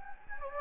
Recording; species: mosquito wingbeat signal from an infrared sensor; Anopheles gambiae